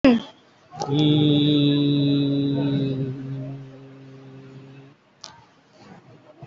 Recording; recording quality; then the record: sustained vowel as in beet; excellent, no background noise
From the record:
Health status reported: COVID-19 positive, moderate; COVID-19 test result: positive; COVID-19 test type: RT-PCR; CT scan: taken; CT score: 5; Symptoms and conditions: cough, cold, breathing difficulty, sore throat, fever, fatigue, diarrhoea, another respiratory illness, hypertension, diabetes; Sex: male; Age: 72 years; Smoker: no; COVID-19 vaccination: both doses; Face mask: worn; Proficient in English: yes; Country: India